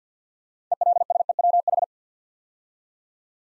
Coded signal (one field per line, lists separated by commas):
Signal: Morse code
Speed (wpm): 50 wpm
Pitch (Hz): 700 Hz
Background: none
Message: ELSEWH